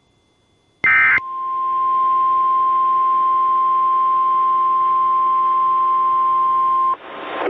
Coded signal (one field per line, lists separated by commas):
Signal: Emergency Alert System (SAME) tones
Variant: 1050 Hz attention tone